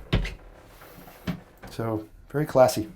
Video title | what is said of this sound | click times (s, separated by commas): Beneteau GT36 Outboard Running and Walk Through in San Diego | and then it locks in place | 0.1 s